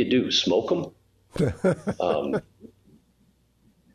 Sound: laughing